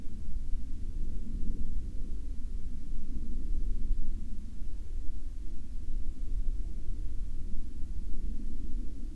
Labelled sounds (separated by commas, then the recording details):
aircraft
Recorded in the Prudhoe Bay oil fields, Alaska, on 12 July 2019 at 03:42
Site 14